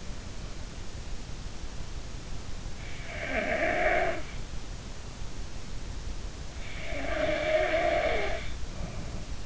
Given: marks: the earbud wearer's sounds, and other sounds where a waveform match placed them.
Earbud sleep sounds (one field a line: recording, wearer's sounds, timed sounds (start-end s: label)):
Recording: sounds in sleep by an in-ear microphone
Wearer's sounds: snoring breath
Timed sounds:
3.10-4.33 s: snoring breath
6.84-9.46 s: snoring breath